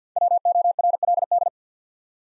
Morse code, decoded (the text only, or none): WORLD